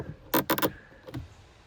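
A plastic glove box dampener arm is reached down and put back onto its mounting point on the glove box. A quick run of sharp plastic clacks comes between about 0.3 and 0.7 s, with the hook seating at 0.6 s, followed by a couple of fainter knocks around 1.1 to 1.2 s. The dampener arm hooks into place and is seated.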